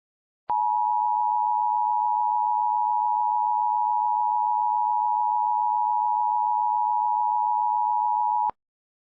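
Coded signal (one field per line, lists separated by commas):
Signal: Emergency Alert System (SAME) tones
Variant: 853 and 960 Hz attention tone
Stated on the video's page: Fictional EAS scenario, not a real alert.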